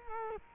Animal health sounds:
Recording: mosquito wingbeat signal from an infrared sensor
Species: Culex quinquefasciatus

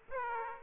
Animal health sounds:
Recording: mosquito wingbeat signal from an infrared sensor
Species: Aedes aegypti

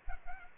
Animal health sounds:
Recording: mosquito wingbeat signal from an infrared sensor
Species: Aedes aegypti

